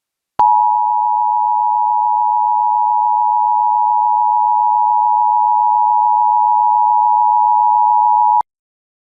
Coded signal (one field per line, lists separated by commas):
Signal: Emergency Alert System (SAME) tones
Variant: 853 and 960 Hz attention tone